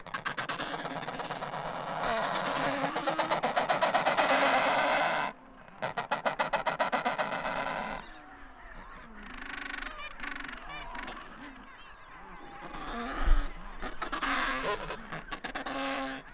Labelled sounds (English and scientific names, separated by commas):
Adelie Penguin (Pygoscelis adeliae) call